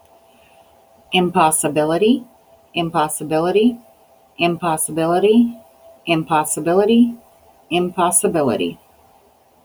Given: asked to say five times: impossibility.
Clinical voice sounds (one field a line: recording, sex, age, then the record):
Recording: repeated word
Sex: female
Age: 40 to 49 years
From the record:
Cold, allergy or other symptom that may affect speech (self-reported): no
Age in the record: 41 years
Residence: Arkansas, United States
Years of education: 14